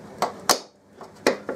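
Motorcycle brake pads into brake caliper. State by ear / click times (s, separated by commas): seated / 0.5 s, 1.3 s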